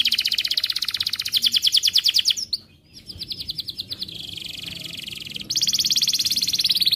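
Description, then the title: Canary song of sustained high rattling trills, one dropping to a lower steady roll, with a short pause near the middle before a bright fast trill returns. Canary in energetic full song (gacor), with the best melodic phrasing (cengkok) and the most luxurious fill-in phrases (isian). "Kenari Gacor Cengkok Terbaik Isian Paling Mewah Kenarigacor Kicaumania Kenari"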